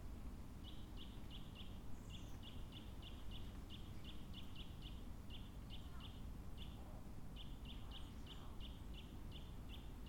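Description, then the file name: Eurasian nuthatch delivering rapid runs of high whistled notes, several per second, broken by brief pauses, above a persistent low-frequency rumble. "Sitta europaea"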